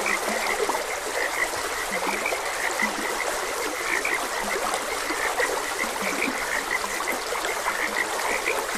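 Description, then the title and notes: Frog croaks repeating steadily, mixing higher chirps with occasional low throaty croaks, over gently rushing stream water. Frogs croaking beside a gentle stream. "Frogs Croaking. Sleep and Relaxation Podcast"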